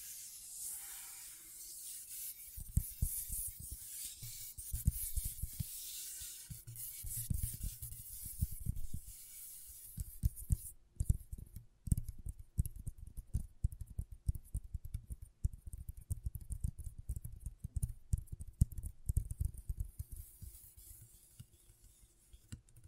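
Scratchboard work with no talking. For the first half, a steady, dense hiss of scratching strokes runs on, with soft low bumps underneath. Around the eleventh second the hiss drops away, leaving quicker, irregular dry ticks and short scrapes that come and go to the end.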